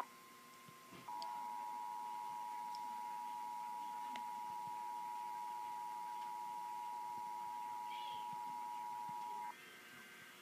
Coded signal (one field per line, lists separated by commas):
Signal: Emergency Alert System (SAME) tones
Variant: 853 and 960 Hz attention tone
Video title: EAS 729 SVR NWS Norman